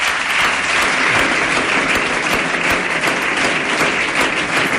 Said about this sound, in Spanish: El aplauso de la sede del PP, del resto de presidentes regionales y líderes regionales del partido.